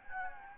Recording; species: mosquito wingbeat signal from an infrared sensor; Anopheles gambiae